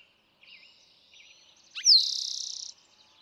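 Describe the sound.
Eastern towhee singing once: a quick slurred note then a rapid ringing trill.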